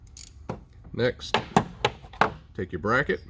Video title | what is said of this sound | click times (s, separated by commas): JLT Oil Separator install 2020 Ford Explorer 3.0 Ecoboost 3052P | It'll snap into place. | 0.5 s